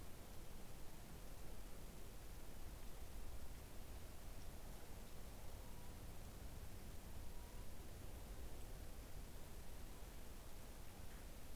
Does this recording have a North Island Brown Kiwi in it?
no